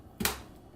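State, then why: Seated. A memory module is slid into a motherboard DIMM slot and pushed down until the retention latches snap shut, including the side latch. Two sharp clicks are heard at 0.2 and 0.3 seconds, the second brighter and louder, and the module is seated.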